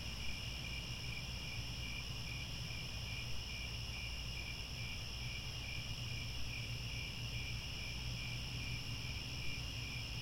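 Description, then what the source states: Continuous chorus of crickets, shrill pulsed chirps repeating evenly alongside higher buzzing trills, over a steady low rumble. Chorus of crickets at twilight, as the sun sets and stars come out.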